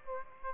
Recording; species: mosquito wingbeat signal from an infrared sensor; Aedes aegypti